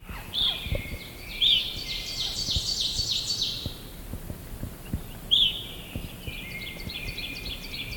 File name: Hesperiphona vespertina - Evening Grosbeak